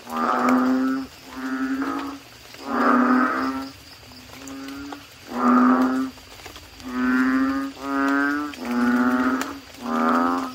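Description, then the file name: Frog calls: loud, reedy croaks about one second long, repeated with brief gaps. "suara kodok bangkong"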